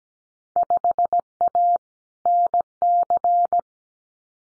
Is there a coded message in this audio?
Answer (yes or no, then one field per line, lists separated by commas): yes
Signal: Morse code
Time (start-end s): 0.6-3.6 s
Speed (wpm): 17 wpm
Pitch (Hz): 700 Hz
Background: none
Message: 5A NC